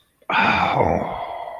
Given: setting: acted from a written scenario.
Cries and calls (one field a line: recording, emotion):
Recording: vocal sound without words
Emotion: awe